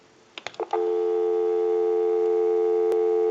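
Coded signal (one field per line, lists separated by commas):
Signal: telephone call progress tone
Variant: North America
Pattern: dial tone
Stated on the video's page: Tone heard on an Automatic Electric Monophone rotary telephone during its initial checkout and repair.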